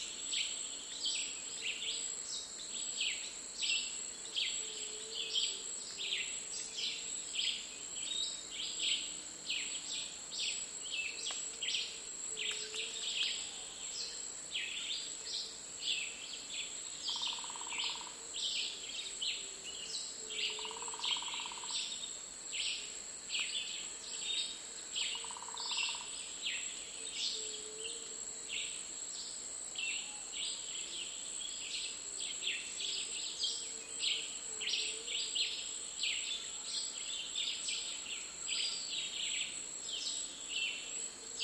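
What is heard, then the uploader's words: Dense, steady birdsong chatters high and bright over a constant insect whine, with a few short low hoots around the middle. The sounds of nature and wildlife around Mayan ruins in Mexico's Yucatan peninsula.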